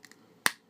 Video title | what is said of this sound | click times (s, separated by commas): Hot Wheels Star wars Darth Vader's TIE Advanced X1Prototype | Hear that click, and you're good to go. | 0.5 s